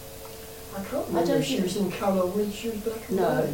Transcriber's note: none